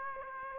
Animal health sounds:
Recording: mosquito wingbeat signal from an infrared sensor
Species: Aedes aegypti

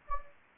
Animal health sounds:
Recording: mosquito wingbeat signal from an infrared sensor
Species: Anopheles gambiae

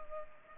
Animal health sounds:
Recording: mosquito wingbeat signal from an infrared sensor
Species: Culex pipiens

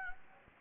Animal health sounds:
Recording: mosquito wingbeat signal from an infrared sensor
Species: Anopheles gambiae

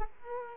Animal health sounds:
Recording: mosquito wingbeat signal from an infrared sensor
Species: Culex quinquefasciatus

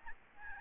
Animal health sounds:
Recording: mosquito wingbeat signal from an infrared sensor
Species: Aedes albopictus

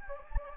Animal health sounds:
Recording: mosquito wingbeat signal from an infrared sensor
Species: Anopheles gambiae

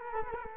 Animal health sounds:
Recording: mosquito wingbeat signal from an infrared sensor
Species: Culex quinquefasciatus

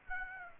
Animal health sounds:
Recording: mosquito wingbeat signal from an infrared sensor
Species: Aedes aegypti

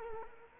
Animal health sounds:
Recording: mosquito wingbeat signal from an infrared sensor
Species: Culex quinquefasciatus

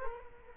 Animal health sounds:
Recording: mosquito wingbeat signal from an infrared sensor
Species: Culex quinquefasciatus

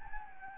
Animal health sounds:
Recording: mosquito wingbeat signal from an infrared sensor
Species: Anopheles gambiae

